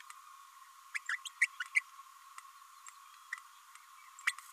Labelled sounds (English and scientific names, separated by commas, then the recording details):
Green-rumped Parrotlet (Forpus passerinus) babbling
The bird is a male
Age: 27 days
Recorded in a nest box in Venezuela
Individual 17B32A6